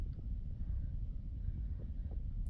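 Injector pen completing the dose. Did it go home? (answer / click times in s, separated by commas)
no / none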